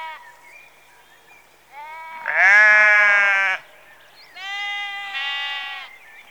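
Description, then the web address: Sheep bleating: a soft wavering bleat, then a loud harsh bleat, and another drawn-out bleat. Early evening, rural setting, recorded close. "Sound Effects Library-52 (Exterior Atmospheres-Rural Backg) 11 Sheep Early Evening"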